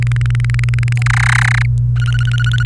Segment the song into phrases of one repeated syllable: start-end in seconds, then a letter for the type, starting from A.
0.02-1.02 A, 1.06-1.66 B, 1.96-2.66 C